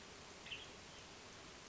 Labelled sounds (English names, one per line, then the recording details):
Western Tanager
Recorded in Sonoma County, California